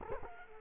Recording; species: mosquito wingbeat signal from an infrared sensor; Culex quinquefasciatus